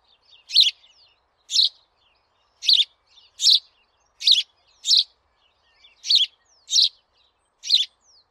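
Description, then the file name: House sparrow chirping, short harsh chirps repeated roughly every second, about nine in sequence, with a few faint softer notes between them. "Passer domesticus"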